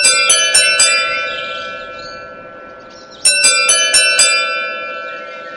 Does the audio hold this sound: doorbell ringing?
yes